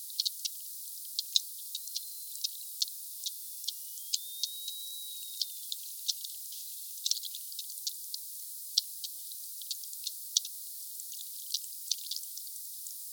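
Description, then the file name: Sperm whale clicks, slowed, form a dense irregular train of crisp ticks through the whole stretch, with faint smooth tonal sweeps in the first half, over constant hiss. "Sphyrna Odyssey Glotinetal meute 4 Cachalots 3 kmdistance enregistre-2 msurface 12 mn Sud Monaco HP 8 k Hz ralenti 5 foisenviron 20200114"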